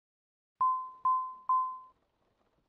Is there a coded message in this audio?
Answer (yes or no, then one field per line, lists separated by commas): no